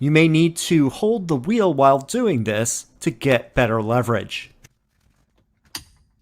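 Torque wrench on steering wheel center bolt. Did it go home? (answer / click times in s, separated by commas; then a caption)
yes / 5.8 s. A torque wrench set to 59 foot-pounds tightens the center bolt of a Nappa black steering wheel on a 2023 Tesla Model Y/3. Someone talks for about the first 4.5 seconds. After a quiet stretch, the wrench gives a sharp click at 5.7 seconds, confirming the bolt is firmly attached.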